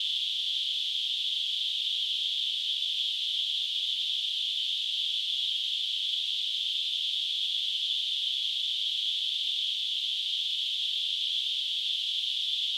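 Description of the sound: Simulated tinnitus: a steady, unchanging hiss of narrowband noise centered around 3 to 4 kHz, with no sound below about 1.5 kHz.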